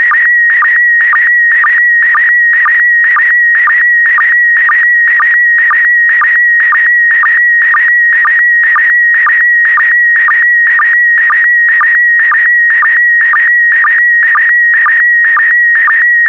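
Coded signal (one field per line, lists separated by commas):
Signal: SSTV (slow-scan television)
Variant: PD120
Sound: steady warbling whistle near 2 kHz with a low blip about twice a second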